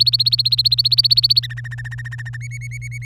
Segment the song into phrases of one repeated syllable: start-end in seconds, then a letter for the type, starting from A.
0.00-1.47 A, 1.50-2.37 B, 2.41-3.05 C